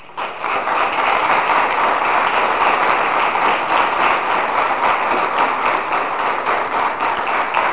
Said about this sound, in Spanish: Lo recibimos con un fuerte aplauso.